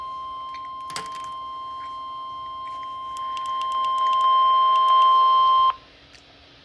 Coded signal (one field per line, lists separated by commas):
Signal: Emergency Alert System (SAME) tones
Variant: 1050 Hz attention tone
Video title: Required weekly test EAS#171